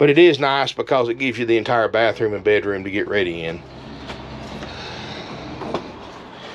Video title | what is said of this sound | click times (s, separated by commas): SOLD! 2014 Thor Axis 24.1 Mini Class A Gas, Slide Out, 20K Miles, King Bed (or Twins), $54,900 | and you just pop that latch | 5.7 s